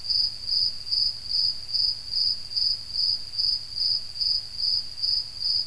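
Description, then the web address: Crickets chirping in a steady high-pitched pulse over a continuous shrill background trill and a faint low rumble. "sound ambience crickets"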